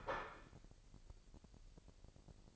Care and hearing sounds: daily activity, microphone in the room; place plate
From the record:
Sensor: 5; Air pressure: 1007.6 hPa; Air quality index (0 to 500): 92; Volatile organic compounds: 1 ppm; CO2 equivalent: 725 ppm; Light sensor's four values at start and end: 36/85/35/36 and 36/85/35/36

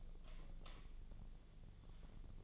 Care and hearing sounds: daily activity, microphone in the room; light off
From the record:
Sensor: 4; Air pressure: 1010.6 hPa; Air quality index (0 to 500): 175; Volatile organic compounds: 5 ppm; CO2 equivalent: 1774 ppm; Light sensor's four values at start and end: 36/105/41/42 and 36/104/41/41

